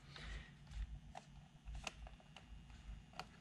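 A small plastic wiring plug is handled at its socket on a custom steering wheel being installed in a C7 Corvette, with soft rustling and a few faint, brief ticks and taps. The plug has not yet been pushed home, and nothing has seated or clicked yet.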